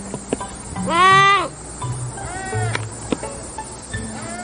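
Sloth giving high, arched, harmonic bleats, one long cry followed by two shorter ones, over a steady hum and faint background clicks.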